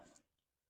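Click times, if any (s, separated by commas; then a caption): none. During a vapor canister replacement on a 2007 Chevy Avalanche, the vent solenoid is pushed one-handed onto its mounting clip. A brief rubbing, scraping noise is heard with a small sharp tick at 0.2 s, then it fades to near silence. The solenoid has not clicked or seated onto the clip yet.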